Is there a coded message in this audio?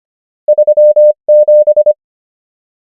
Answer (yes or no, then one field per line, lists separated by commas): yes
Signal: Morse code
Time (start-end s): 0.5-1.9 s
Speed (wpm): 25 wpm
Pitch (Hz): 600 Hz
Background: none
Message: 37